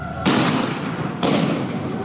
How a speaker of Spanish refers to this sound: Disparos hacia los manifestantes.